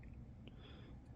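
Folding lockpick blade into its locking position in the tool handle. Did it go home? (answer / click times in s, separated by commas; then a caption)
yes / 0.5 s. A pick on a SWICK folding lockpick jackknife tool with a fiber-reinforced nylon body is pushed down while the other picks are held together, until it locks into its open position in the handle. A faint tick comes at 0.0 s and a short, sharp click at 0.5 s over a low, steady background. The chosen pick is now locked into place.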